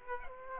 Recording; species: mosquito wingbeat signal from an infrared sensor; Aedes aegypti